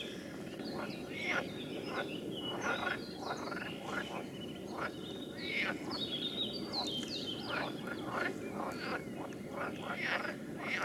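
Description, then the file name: Chorus of frogs, many overlapping short croaks in quick irregular clusters, with a constant background hiss. "Nature Recordings - Frogs"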